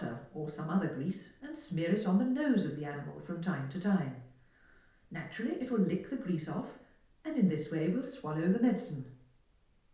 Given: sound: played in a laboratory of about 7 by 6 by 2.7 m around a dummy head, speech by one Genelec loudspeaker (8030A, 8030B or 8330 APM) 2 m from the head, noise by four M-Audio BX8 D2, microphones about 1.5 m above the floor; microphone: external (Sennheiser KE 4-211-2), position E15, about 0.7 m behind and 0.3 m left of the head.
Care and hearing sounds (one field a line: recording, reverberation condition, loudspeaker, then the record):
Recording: female speech in English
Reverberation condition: medium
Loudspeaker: 60 degrees to the right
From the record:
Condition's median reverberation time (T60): about 510 ms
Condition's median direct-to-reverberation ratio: about -0.5 dB